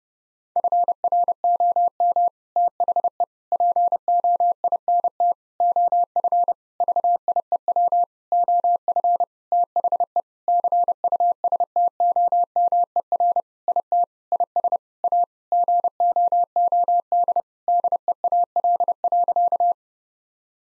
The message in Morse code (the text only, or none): FROM THE POINT OF VIEW OF THE CUSTOMER IT IS A GOOD DEAL.